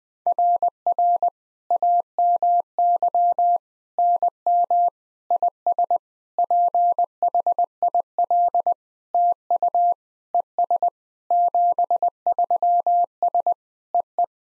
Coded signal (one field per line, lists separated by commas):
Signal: Morse code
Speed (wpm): 20 wpm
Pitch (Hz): 700 Hz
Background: none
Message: RR AMY NM IS PHIL TU ES 73S EE